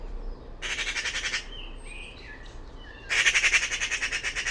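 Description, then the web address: Bird utters two harsh pulsed bursts, with faint short whistled notes in the gap between them. "cianscape birddata Deverinetal 2025"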